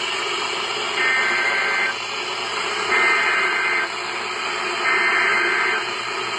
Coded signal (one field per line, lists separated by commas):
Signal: Emergency Alert System (SAME) tones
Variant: header bursts